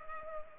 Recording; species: mosquito wingbeat signal from an infrared sensor; Culex pipiens